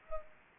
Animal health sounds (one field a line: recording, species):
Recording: mosquito wingbeat signal from an infrared sensor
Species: Culex pipiens